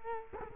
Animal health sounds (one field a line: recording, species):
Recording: mosquito wingbeat signal from an infrared sensor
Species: Culex quinquefasciatus